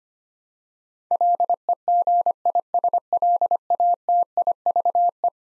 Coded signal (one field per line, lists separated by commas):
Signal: Morse code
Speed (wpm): 25 wpm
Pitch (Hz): 700 Hz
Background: none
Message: LEGISLATIVE